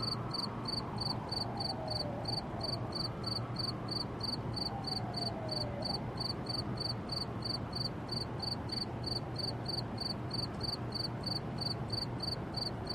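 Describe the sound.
Cricket giving fast, evenly spaced high chirps without pause, over a constant low rumble and faint sliding tones.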